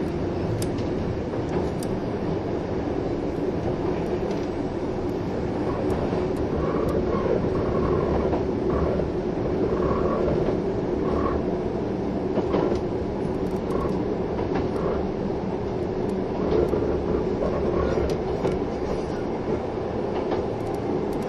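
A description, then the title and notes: A train runs steadily, its low rumble and rolling roar holding an even level for the whole stretch. Faint clattering and brief squeaks appear now and then, with a recurring mid-pitched tone around the middle and occasional sharp ticks up high. 近鉄16000系 吉野特急4508レ 01/01:吉野～大阪阿部野橋. This is the train running sound (still image) of the ``Yoshino Express''.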